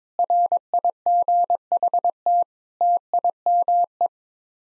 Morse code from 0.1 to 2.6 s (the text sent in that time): RIGHT